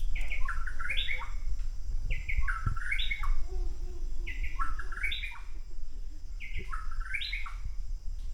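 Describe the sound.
Bird song: a short stepped phrase of whistled notes, repeated four times about every two seconds over a steady low rumble.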